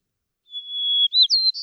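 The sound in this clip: White-crowned sparrow singing a drawn-out pure whistle followed by short slurred up-and-down notes, cut off as a buzzy trill begins.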